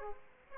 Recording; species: mosquito wingbeat signal from an infrared sensor; Aedes aegypti